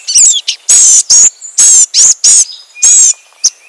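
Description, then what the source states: Blue-gray Gnatcatcher scolding: a rapid series of very high, harsh, buzzy notes in uneven bursts, with a few thinner chips mixed in. Scolding while foraging in the forest canopy; a common summer resident across much of the U.S. and Mexico.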